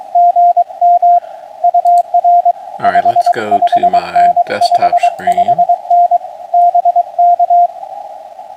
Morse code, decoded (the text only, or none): GM UR 55N 55N BK